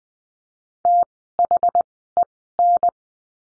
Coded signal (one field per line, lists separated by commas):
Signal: Morse code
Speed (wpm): 20 wpm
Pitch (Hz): 700 Hz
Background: none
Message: THEN